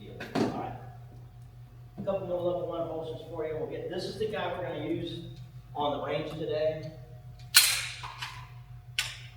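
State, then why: Seated. A handgun is inserted into an automatic locking system (ALS) duty holster from Safariland, and its lock engages with a sharp click at 9.0 s. Someone talks before the insertion, and a brief impact near 7.6 s precedes the click. The handgun seats and locks into the holster.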